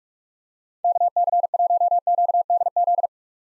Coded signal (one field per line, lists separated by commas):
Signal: Morse code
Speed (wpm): 46 wpm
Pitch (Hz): 700 Hz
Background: none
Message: KC1QDZ